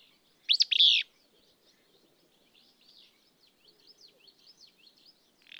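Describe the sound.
Willow flycatcher sings one loud buzzy two-part phrase, followed by a run of faint, quick chirps in the background.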